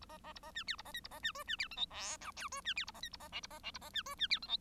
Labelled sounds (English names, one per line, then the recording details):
Bengalese Finch song
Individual Bird1